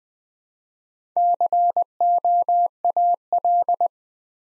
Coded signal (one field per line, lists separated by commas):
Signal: Morse code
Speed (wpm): 21 wpm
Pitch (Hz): 700 Hz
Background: none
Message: COAL